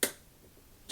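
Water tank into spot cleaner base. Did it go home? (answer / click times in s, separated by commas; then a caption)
yes / 0.0 s. The filled clean-water tank of a Hoover CleanSlate upholstery spot cleaner is flipped upside down and pushed onto the machine's base, giving a sharp, bright click at 0.0 s as it locks into place. A fainter tick follows at 0.9 s. The tank is seated.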